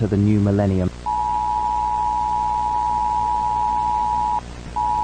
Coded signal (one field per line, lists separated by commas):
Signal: Emergency Alert System (SAME) tones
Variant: 853 and 960 Hz attention tone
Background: speech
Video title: BBC EAS Scenario - Y2K Bug (2000) [2025 Version/Remastered]